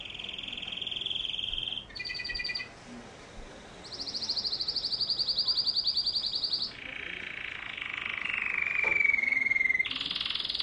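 Canary song in rolling tours: steady trills at different pitches, then a buzzy passage with a falling whistled slur, then another trill.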